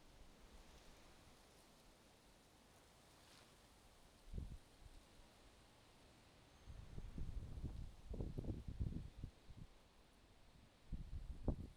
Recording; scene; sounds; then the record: everyday scene through a hearing-aid microphone; wind on the microphone; wind, traffic, birds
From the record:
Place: suburban garden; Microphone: in the ear canal, left